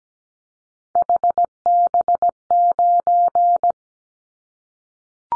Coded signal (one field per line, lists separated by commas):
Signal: Morse code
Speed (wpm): 17 wpm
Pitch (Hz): 700 Hz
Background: none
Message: HB9